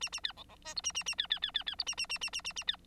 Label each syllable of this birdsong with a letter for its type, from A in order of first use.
A A B C C D E A A A B B B B B E A A A A A A A B